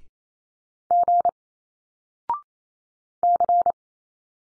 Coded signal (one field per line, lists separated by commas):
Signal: Morse code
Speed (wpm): 28 wpm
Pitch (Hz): 700 Hz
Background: none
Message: G C